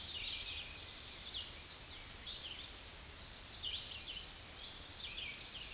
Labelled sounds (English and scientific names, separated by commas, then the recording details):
Red-eyed Vireo (Vireo olivaceus) song
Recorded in a Pennsylvania forest on 16 May 2024 at 07:18
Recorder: AudioMoth, point MSD-0438
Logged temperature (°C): 14.5 °C
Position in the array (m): 109 m, 76 m